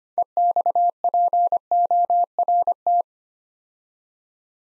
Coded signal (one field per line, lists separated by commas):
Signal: Morse code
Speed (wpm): 25 wpm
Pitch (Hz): 700 Hz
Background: none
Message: EXPORT